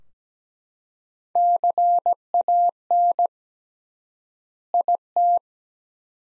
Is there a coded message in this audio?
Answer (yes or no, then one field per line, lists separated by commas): yes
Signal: Morse code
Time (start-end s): 1.4-5.4 s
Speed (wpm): 17 wpm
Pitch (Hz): 700 Hz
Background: none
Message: CAN IT